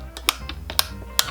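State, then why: Seated. The stiff depth stop turret on a WEN RT6033 plunge router base is turned by hand, with detent steps meant to be 1/8 inch increments. Sharp clicks are heard at 0.3 s, 0.8 s and 1.2 s, with softer ticks in between. The turret seats into each detent position.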